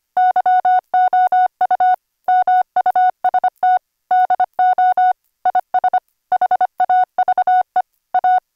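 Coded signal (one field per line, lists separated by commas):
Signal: Morse code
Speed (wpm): 25 wpm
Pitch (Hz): 740 Hz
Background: music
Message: YOU MUST DO IS HAVE A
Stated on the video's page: CW sidetone from a vintage Heathkit code practice oscillator or 555 timer oscillator, cleaned by a gate and bandpass filter; includes QRQ CW sent over SonoBus.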